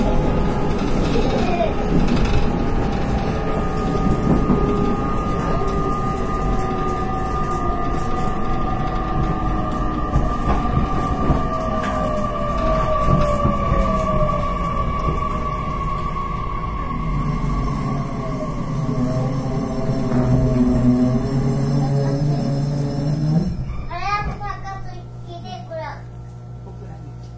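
Onboard running sound of a Series 813 local train on the Nippō Line: a steady rumble with a high motor whine that slides down in pitch as the train slows. Near the end the rumble drops lower, with brief squeals and a murmur of voices.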